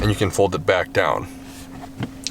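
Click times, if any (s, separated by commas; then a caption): 2.3 s. Someone talks while the center jump seat cushion of a 2021 GMC Sierra 1500 Elevation, released with its pull string, is folded back down into the front bench seat. A soft thump comes at 2.0 s, then a sharp click at 2.3 s as the seat latches into place.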